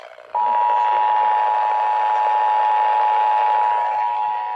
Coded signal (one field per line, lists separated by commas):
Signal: Emergency Alert System (SAME) tones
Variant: 853 and 960 Hz attention tone